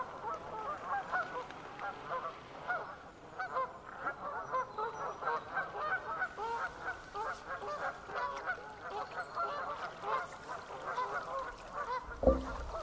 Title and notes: a stretch of the River Wye in Herefordshire, where a flock of about 300 Canada geese begin an extraordinary evening chorus